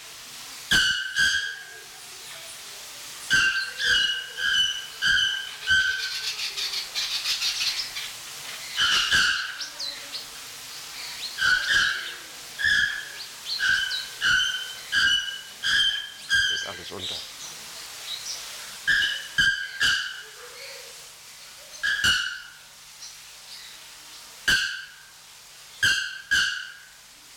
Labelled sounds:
Pin-tailed Whydah

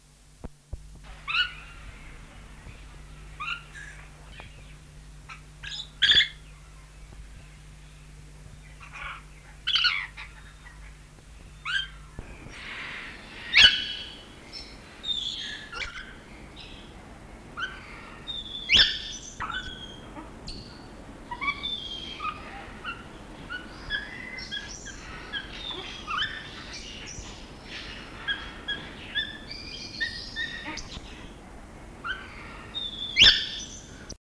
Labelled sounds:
Black-winged Lory call

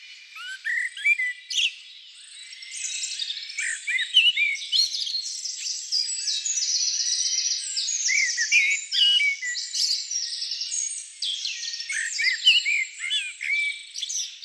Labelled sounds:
Common Blackbird song

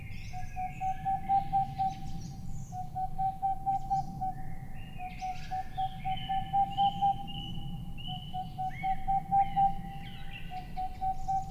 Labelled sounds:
Boreal Owl

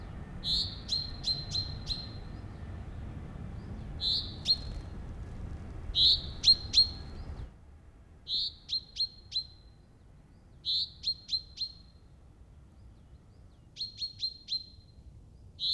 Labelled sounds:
Common Chaffinch call

